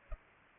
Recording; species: mosquito wingbeat signal from an infrared sensor; Culex pipiens